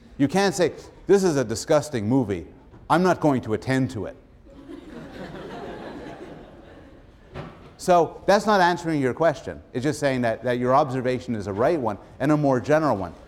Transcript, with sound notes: You can't say, "This is a disgusting movie. I'm not going to attend to it." [laughter] So, that's not answering your question. It's just saying that your observation is a right one and a more general one.